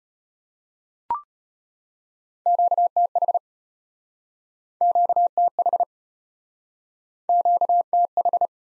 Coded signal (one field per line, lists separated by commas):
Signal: Morse code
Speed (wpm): 34 wpm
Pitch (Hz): 700 Hz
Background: none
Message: QTH QTH QTH